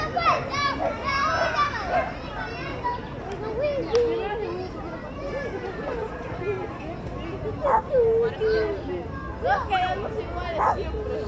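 Children laugh and chatter in the street, their high voices overlapping in a steady, busy stream. Brighter shrieks and bursts of laughter stand out around four, eight and ten seconds over a constant low rumble of outdoor background noise.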